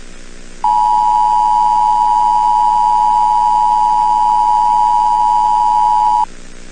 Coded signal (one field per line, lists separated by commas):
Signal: Emergency Alert System (SAME) tones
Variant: 853 and 960 Hz attention tone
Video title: Eas Scenario Movie EXTENDED CUT - "The Silent Invasion"